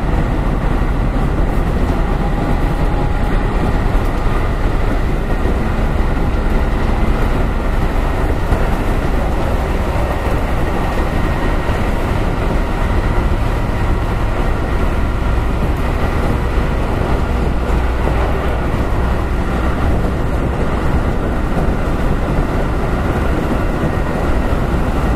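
Running noise aboard a Keihan Electric Railway 5000 series train on a semi express run. A dense, steady rumble dominated by low frequencies holds level for the whole stretch, with a faint whine and light rattling texture riding on top, and no distinct events.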